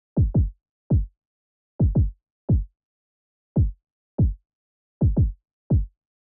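Low, dull heartbeat thumps repeat at about 112 beats a minute, twelve in roughly six seconds, falling in an uneven grouping of close pairs and single beats against a silent background.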